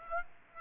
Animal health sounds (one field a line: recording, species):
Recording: mosquito wingbeat signal from an infrared sensor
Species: Aedes aegypti